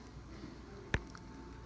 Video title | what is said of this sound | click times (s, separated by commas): 500w geared motor axle key replacement | until they start to line up and then you see it pops right in pretty easily | 0.9 s